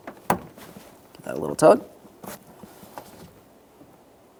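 An engine oil cooler line end on a 2015-2020 Cadillac Escalade is pressed into its quick-connect fitting port until the locking ring clicks sharply at 0.3 s. Someone talks, followed by a brief tug test and a few small handling sounds. The line is seated and perfectly secured.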